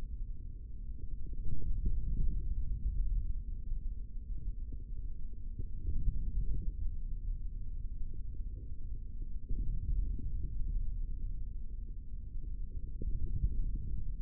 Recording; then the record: forearm muscle sounds (acoustic myography)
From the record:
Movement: hand closing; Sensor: system 3, bracelet of six PUI Audio POM-2738L microphones around the upper forearm, with dedicated amplification and filtering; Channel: 3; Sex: male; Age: 25 years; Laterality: right